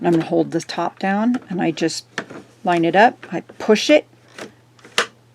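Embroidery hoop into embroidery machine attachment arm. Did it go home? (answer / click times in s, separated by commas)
yes / 5.0 s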